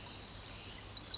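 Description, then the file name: Eurasian wren producing a short, very high rapid trill that starts faint and grows louder, with a thin steady tone beneath. "Troglodytes troglodytes"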